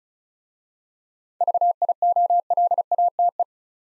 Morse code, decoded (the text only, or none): VIOLATE